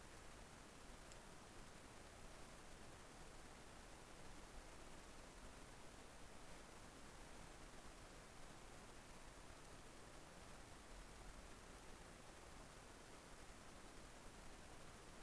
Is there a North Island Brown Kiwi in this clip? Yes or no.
no